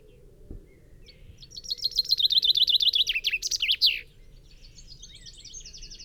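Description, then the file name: Common chaffinch song: a bright trill of repeated notes ending in a loud flourish, followed by faint high notes. "Fringilla coelebs"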